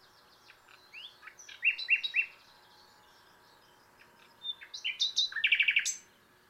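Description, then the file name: Common nightingale song in two phrases: soft varied twitters building to a few loud repeated notes, a pause, then a fuller phrase ending in a rapid trill. "Luscinia megarhynchos"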